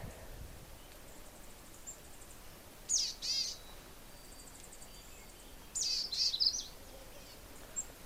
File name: Boreal Chickadee